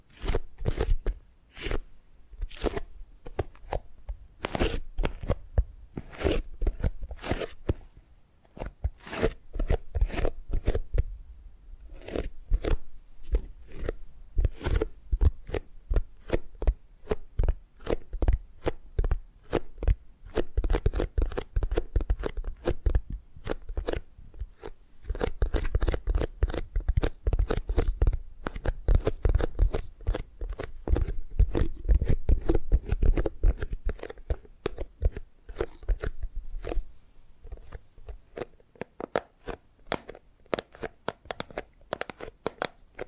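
Tapping and gripping sounds come as a dense run of sharp, crisp clicks and taps, some close together in quick bursts, others spaced with short pauses. A soft, low rustling fills the gaps, swelling and busier around the middle, then thinning out toward the end.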